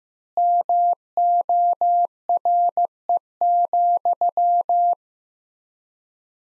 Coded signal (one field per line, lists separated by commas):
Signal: Morse code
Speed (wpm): 15 wpm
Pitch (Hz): 700 Hz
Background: none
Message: MORE,